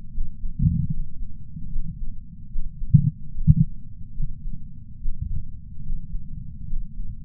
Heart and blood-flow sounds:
heart sounds by patch sensor on the chest; 73 bpm
0.12 s: heartbeat
0.90 s: heartbeat
1.70 s: heartbeat
2.50 s: heartbeat
3.31 s: heartbeat
4.14 s: heartbeat
5.00 s: heartbeat
5.83 s: heartbeat
6.67 s: heartbeat
From the record:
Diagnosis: coronary artery disease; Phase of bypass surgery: preoperative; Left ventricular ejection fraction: 66.3%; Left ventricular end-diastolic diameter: 44 mm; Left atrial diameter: 34 mm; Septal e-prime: 5.3 cm/s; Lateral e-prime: 9.3 cm/s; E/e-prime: 13.2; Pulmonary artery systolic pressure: 31 mmHg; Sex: male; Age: 76 years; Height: 164 cm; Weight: 75 kg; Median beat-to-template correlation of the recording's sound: 0.83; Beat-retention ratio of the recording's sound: 0.97

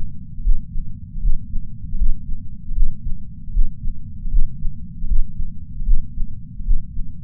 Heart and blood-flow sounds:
heart sounds by patch sensor on the chest; 77 bpm
0.39 s: heartbeat
1.17 s: heartbeat
1.94 s: heartbeat
2.71 s: heartbeat
3.49 s: heartbeat
4.27 s: heartbeat
5.04 s: heartbeat
5.81 s: heartbeat
6.61 s: heartbeat
From the record:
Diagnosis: coronary artery disease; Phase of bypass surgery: intraoperative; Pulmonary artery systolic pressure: 21 mmHg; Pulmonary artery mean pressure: 15 mmHg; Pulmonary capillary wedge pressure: 10 mmHg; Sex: male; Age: 65 years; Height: 170 cm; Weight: 65 kg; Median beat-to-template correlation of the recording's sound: 0.94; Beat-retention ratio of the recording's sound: 0.99

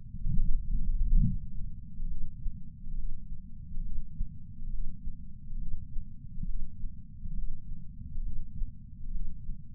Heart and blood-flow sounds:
heart sounds by patch sensor on the chest; 68 bpm
0.34 s: heartbeat
1.21 s: heartbeat
2.07 s: heartbeat
2.95 s: heartbeat
3.82 s: heartbeat
4.70 s: heartbeat
5.58 s: heartbeat
6.45 s: heartbeat
7.34 s: heartbeat
8.22 s: heartbeat
9.11 s: heartbeat
From the record:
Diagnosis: coronary artery disease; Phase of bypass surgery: preoperative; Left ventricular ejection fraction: 52.3%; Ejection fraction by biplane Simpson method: 38%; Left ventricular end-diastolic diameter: 62 mm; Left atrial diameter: 45 mm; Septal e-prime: 4 cm/s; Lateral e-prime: 7 cm/s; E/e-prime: 12.2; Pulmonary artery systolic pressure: 24 mmHg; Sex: male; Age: 61 years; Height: 174 cm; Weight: 80 kg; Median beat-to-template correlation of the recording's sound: 0.91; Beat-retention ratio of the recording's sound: 0.97

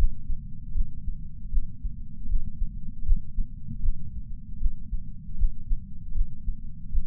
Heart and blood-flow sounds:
heart sounds by patch sensor on the chest; 78 bpm
0.74 s: heartbeat
1.51 s: heartbeat
2.28 s: heartbeat
3.05 s: heartbeat
3.82 s: heartbeat
4.59 s: heartbeat
5.37 s: heartbeat
6.14 s: heartbeat
6.91 s: heartbeat
From the record:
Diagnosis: coronary artery disease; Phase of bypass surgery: postoperative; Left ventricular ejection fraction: 62.4%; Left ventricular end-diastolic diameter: 42 mm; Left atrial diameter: 36 mm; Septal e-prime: 5.8 cm/s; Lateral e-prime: 9.2 cm/s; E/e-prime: 7.3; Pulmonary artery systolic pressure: 36 mmHg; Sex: male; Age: 59 years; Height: 162 cm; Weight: 60 kg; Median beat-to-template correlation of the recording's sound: 0.83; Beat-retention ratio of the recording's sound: 0.99

